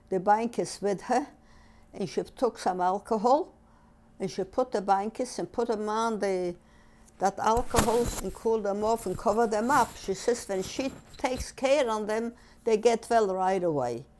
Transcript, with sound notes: the bankus with here, and she took some alcohol, and she took the bankus, and put them on the, that alcohol and cooled them off and covered them up. (she jostles her microphone) She says when she takes care on them, they get well right away.